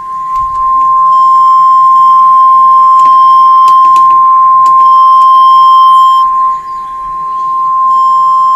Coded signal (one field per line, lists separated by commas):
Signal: Emergency Alert System (SAME) tones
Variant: 1050 Hz attention tone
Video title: Eas Footage